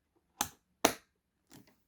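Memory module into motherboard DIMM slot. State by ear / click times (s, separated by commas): seated / 0.4 s, 0.9 s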